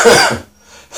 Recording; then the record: coughing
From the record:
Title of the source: Spring Cold Coughing 2